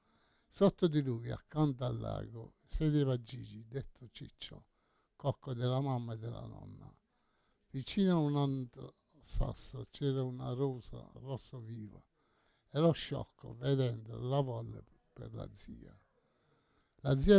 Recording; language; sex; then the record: read passage; Italian; male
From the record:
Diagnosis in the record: Parkinson's disease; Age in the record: 68 years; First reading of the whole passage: 85 s, 6.1 characters per second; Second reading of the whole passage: 63 s, 8.2 characters per second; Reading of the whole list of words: 49 s, 5.8 characters per second